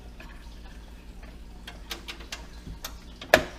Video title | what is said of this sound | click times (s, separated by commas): M.2 PCIe Adapter install - Does It Actually Provide NVME Speeds? | right just snaps into place and screw | 3.3 s